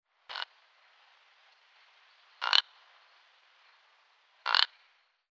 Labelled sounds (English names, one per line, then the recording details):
Klipspringer
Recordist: Tembrock, Günter
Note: Kurzlaute